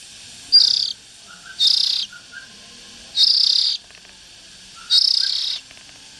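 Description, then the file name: Oriental magpie-robin calling with four harsh, buzzing rasps spread over six seconds, with faint short whistles in the gaps. Young birds. "Tieng chim chich choe than non"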